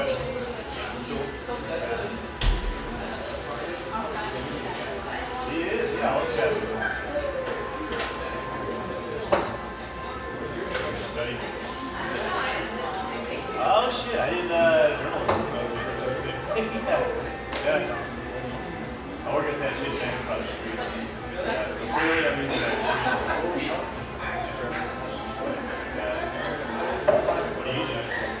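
Lively ambience in a rustic bayside coffeeshop: many overlapping voices chatter steadily throughout, with no single speaker standing out for long. Scattered clinks and knocks of cups and dishes pop up every few seconds, and a low hum runs underneath.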